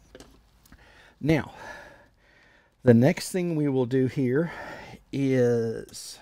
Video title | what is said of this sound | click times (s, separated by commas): How to use setup an Intel NUC for your Smarthome | way so we'll go into the lower bay first push that in and then push it down you'll hear click or feel it click now | 0.2 s, 0.7 s